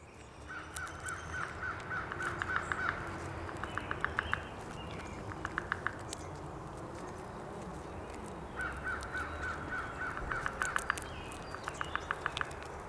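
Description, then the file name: Downy woodpecker: two longer rolls of quick, even pulses several seconds apart, fairly faint, with scattered clicks and a low rumbling background. Recorded 19 April 2019. "2019-04-19 Downy Woodpecker"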